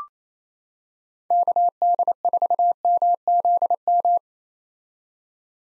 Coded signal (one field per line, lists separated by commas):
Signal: Morse code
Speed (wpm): 28 wpm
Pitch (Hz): 700 Hz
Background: none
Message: KD4MZM